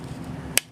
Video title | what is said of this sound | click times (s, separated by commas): Mallette Products (Desca Music) "Presto" Folding Music Stand: A review/demonstration | this position and it snaps in and that keeps | 0.6 s